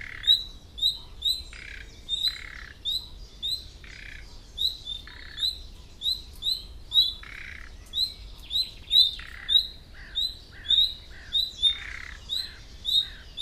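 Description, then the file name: Common nightingale giving a steady series of sharp rising whistled notes, roughly two per second, broken up by low, grating rattles. "Luscinia megarhynchos"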